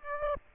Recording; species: mosquito wingbeat signal from an infrared sensor; Aedes aegypti